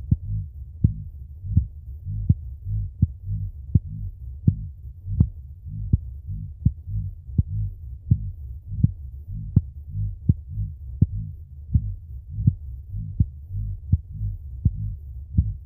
Heartbeat.